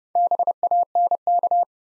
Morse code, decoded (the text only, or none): BANK